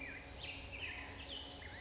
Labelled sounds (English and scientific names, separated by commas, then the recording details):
Black-headed Grosbeak (Pheucticus melanocephalus)
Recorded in Sonoma County, California